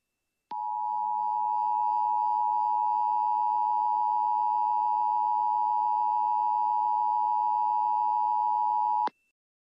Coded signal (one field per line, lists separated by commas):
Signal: Emergency Alert System (SAME) tones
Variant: 853 and 960 Hz attention tone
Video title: EAS Recreation: Indiana CAE